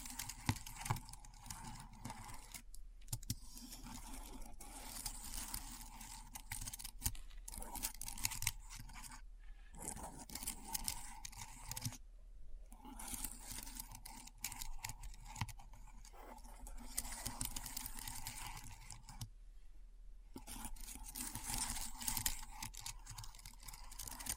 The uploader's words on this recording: ASMR Keyboard Sounds (No Talking).